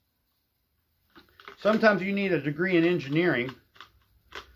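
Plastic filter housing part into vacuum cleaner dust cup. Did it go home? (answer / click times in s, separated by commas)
yes / 3.8 s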